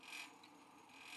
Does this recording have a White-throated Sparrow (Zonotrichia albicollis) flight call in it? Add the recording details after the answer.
no. No flight call is heard. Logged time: 07:31 on 5 December 2014